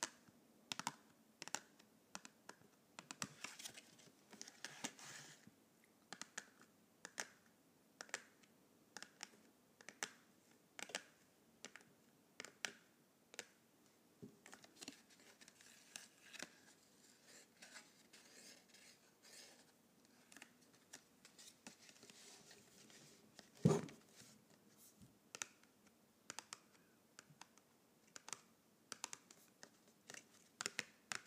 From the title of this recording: ASMR Colored Pencils